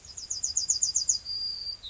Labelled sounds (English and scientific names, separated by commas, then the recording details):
Yellowhammer (Emberiza citrinella) song
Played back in grassland
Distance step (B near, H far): D
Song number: 115